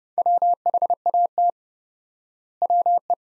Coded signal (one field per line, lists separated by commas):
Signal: Morse code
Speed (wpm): 30 wpm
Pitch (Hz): 700 Hz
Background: none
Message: WHAT WE